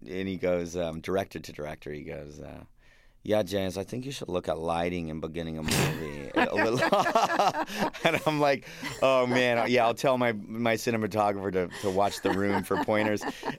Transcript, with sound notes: And he goes - director to director, he goes, yeah, James, I think you should look at lighting in beginning of movie.
(LAUGHTER)
And I'm like, oh, man. Yeah, I'll tell my cinematographer to watch "The Room" for pointers.